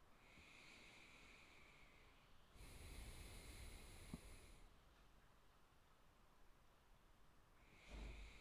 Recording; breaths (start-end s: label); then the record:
nose breathing near a microphone
0.00-2.52 s: inhalation
2.52-5.19 s: exhalation
7.59-8.41 s: inhalation
From the record:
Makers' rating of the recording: good